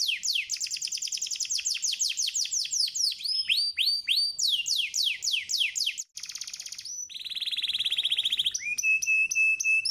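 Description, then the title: Canary song in fast tours of repeated descending sweeps, followed by a buzzy trill and steady whistled notes; vigorous, continuous singing. Masteran tutor song of a prolific singing canary, meant as an easy-to-imitate model for training other canaries. "MASTERAN KENARI GACOR MUDAH DI TIRU"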